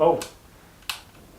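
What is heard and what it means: Someone talks briefly, then, after a struggle to engage it, the safety lever on a Remington Vought air pistol is moved and gives one very light, slight click at 0.9 s, clicking into position. It is a faint, feather-light click that can hardly be felt.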